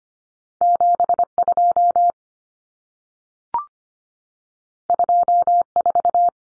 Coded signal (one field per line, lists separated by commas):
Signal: Morse code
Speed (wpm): 25 wpm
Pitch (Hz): 700 Hz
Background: none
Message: 72 24